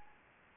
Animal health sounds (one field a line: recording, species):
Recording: mosquito wingbeat signal from an infrared sensor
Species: Anopheles gambiae